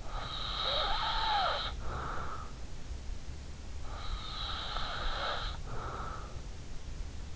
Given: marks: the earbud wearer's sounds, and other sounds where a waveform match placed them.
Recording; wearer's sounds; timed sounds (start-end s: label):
sounds in sleep by an in-ear microphone; breath
0.00-2.79 s: breath
4.11-6.68 s: breath